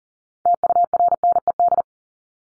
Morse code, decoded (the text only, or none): TURNED